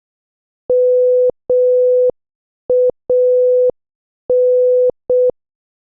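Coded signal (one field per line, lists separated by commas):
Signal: Morse code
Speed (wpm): 6 wpm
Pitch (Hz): 500 Hz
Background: none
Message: MAN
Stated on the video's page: Morse practice of movie quotes at 6 WPM.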